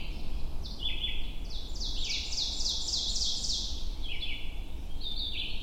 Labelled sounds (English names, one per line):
Ovenbird song